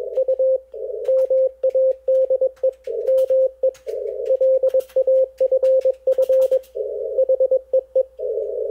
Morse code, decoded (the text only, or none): U MADE ME LAFF HEE